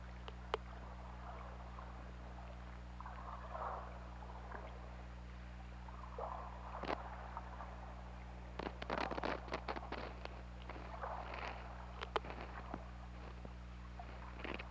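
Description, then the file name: Whale clicking, scattered sharp ticks becoming a dense rapid cluster midway, then sparser clicks, against constant low hydrophone hum and diffuse water noise. Recorded underwater by hydrophone on 16 February 2018, at about 18:47. "Orca Lab"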